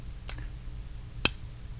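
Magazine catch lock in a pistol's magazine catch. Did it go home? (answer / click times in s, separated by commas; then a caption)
yes / 1.2 s. The magazine catch of a 1911 pistol is pushed in about a sixteenth of an inch from the left side while its slotted lock screw is turned clockwise. A faint tick comes at 0.3 s, then a sharp, bright snap at 1.3 s as the magazine catch lock seats back into its place in the steel catch inside the frame. The lock is seated.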